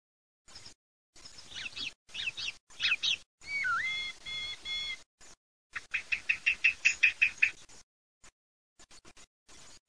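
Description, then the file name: Thrush singing short, varied phrases separated by pauses: high scratchy notes, a clear slurred whistle, then a rapid run of repeated sharp notes. "TORDOSB"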